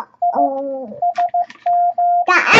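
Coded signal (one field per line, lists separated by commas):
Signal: Morse code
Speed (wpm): 15 wpm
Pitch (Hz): 700 Hz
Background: none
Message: I SM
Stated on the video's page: Morse practice set of random letters and numbers at 15 words per minute.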